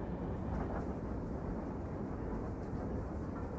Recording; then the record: background sound without coughing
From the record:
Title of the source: Train Ride Ambience ambient white noise for sleeping, focus, studying, reading